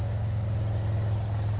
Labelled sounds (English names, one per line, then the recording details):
California Towhee
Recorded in Sonoma County, California